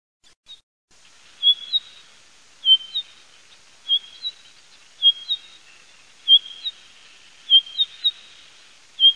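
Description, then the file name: Blue rock thrush giving short, clear whistled notes, usually paired, repeated about every second and a quarter over faint background noise. "PASSEROSOLITARIO"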